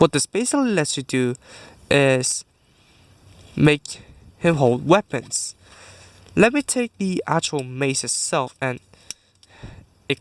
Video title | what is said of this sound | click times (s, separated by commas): HG Gundam Barbatos Lupus Rex Review | clicks into place looks weird right now but here's an example | 9.1 s